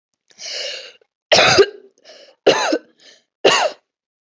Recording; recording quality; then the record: heavy voluntary cough; excellent, no background noise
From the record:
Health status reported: healthy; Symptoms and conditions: none ticked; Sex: female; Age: 21 years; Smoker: not ticked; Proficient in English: yes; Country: India